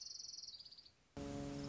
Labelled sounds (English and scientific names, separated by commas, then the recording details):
Orange-crowned Warbler (Leiothlypis celata)
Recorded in Sonoma County, California